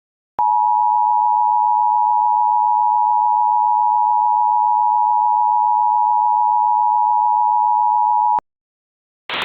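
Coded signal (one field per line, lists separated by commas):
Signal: Emergency Alert System (SAME) tones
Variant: 853 and 960 Hz attention tone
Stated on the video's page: Fictional EAS mock made with macros to look and sound realistic.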